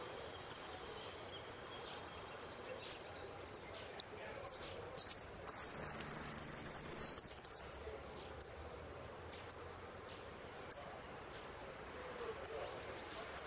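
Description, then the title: Saffron finch: single high chips repeated about every second, with one loud burst of sliding notes and a rapid buzzy trill in the middle. "Jilguero Argentino"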